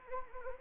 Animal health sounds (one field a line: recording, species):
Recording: mosquito wingbeat signal from an infrared sensor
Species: Anopheles arabiensis